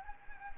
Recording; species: mosquito wingbeat signal from an infrared sensor; Anopheles gambiae